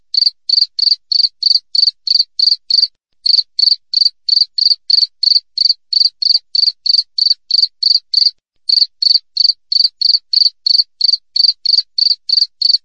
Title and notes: Masteran Jangkrik Alam Jernih, Jeda Rapat Cocok Untuk Masteran Burung Dan Mengusir Tikus. suara jangkrik